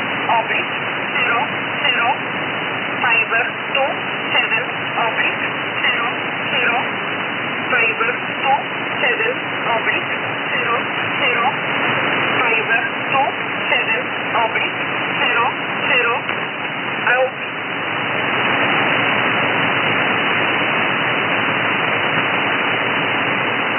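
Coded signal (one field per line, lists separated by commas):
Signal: numbers station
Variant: E11 Oblique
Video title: Numbers Station E11 Oblique 5409 kHz USB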